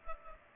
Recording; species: mosquito wingbeat signal from an infrared sensor; Culex pipiens